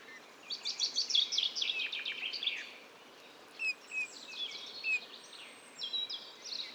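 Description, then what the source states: Eurasian bullfinch quiet twittering warble, rapid high notes run together in two dense phrases separated by a short pause. Male in breeding plumage perched on a budding blackthorn, 15 March 2020, La Sarcena, Drôme, France; soft babbling song barely audible to the ear, recorded with a parabolic reflector.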